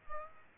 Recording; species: mosquito wingbeat signal from an infrared sensor; Aedes aegypti